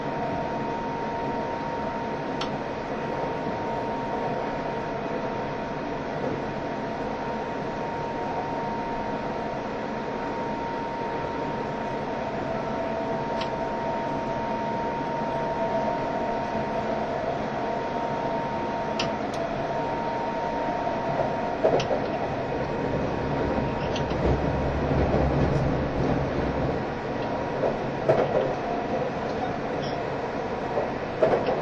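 Recorded aboard the E351 series Super Azusa limited express between Hachioji and Shinjuku, a steady rumble of the moving train fills the clip. A thin constant whine sits above the running noise, with occasional sharp clicks, and the sound swells and roughens around 22 to 30 seconds.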